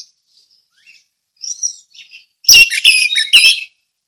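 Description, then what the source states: Orange-headed thrush song: faint thin notes building into a loud, rich chattering phrase of overlapping twitters. Ngeplong song style.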